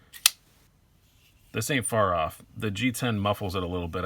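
A Cold Steel AD-10 folding knife blade is deployed and snaps into the lock in its G10 handle with a single loud, sharp click at 0.3 s, and the blade is locked open. After a short quiet gap, someone talks about the sound, comparing it to another model's loud bang and saying the G10 handle muffles it a little.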